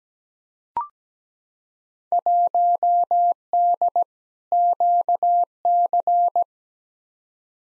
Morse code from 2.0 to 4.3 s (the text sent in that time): 1D